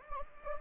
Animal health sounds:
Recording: mosquito wingbeat signal from an infrared sensor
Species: Anopheles gambiae

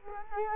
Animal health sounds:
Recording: mosquito wingbeat signal from an infrared sensor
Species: Culex quinquefasciatus

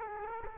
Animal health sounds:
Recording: mosquito wingbeat signal from an infrared sensor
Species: Culex quinquefasciatus

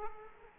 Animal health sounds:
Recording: mosquito wingbeat signal from an infrared sensor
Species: Culex quinquefasciatus

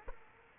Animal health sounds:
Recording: mosquito wingbeat signal from an infrared sensor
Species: Culex quinquefasciatus

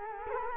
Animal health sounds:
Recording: mosquito wingbeat signal from an infrared sensor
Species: Culex quinquefasciatus

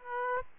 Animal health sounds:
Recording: mosquito wingbeat signal from an infrared sensor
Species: Aedes aegypti

